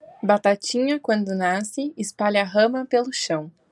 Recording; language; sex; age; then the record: short text; Brazilian Portuguese; male; 20 to 29 years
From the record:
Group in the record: control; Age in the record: 26 years